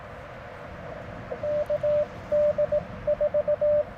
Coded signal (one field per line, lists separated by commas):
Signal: Morse code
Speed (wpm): 20 wpm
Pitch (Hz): 590 Hz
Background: radio noise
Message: KD4